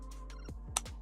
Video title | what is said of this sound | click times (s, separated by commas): Vector Finesse head(amame) 3d Printed Headphone Build! | that snaps right into place looks beautiful | 0.8 s